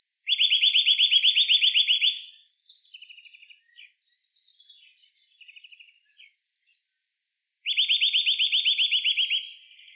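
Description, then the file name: Eurasian nuthatch giving a fast, high, even trill of whistled notes lasting about two seconds, repeated after a pause, with softer chirps and twitters between. "Sitta europaea"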